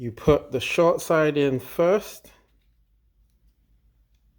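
Someone talks while the two plastic halves of a Honda key fob case are lined up by their tabs, short side in first, before being pressed shut, a task made hard by a broken hand. The speech ends at about 2.2 s, leaving near silence with only faint low noise. Nothing has seated or clicked yet.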